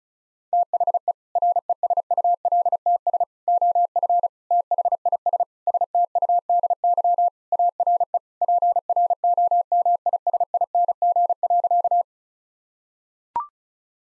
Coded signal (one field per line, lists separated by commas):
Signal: Morse code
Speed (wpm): 36 wpm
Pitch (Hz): 700 Hz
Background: none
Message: THE RESULTS OF THIS STUDY ARE PROMISING.